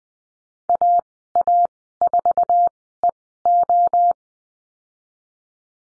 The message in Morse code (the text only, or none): AA4EO